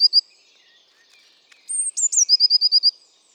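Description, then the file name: Eurasian blue tit song: two brief high notes, a pause, then thin high whistled notes leading into a fast trill of several notes. "Cyanistes caeruleus"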